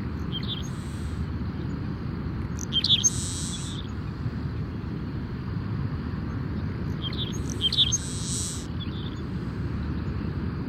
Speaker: I really appreciate the rhythm of the sparrows singing and waves crashing together.